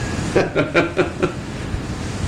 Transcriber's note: laughter